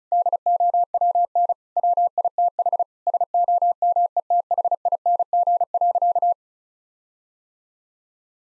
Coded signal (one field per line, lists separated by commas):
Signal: Morse code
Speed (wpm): 36 wpm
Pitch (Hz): 700 Hz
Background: none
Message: DOWN WITH SOMETHING.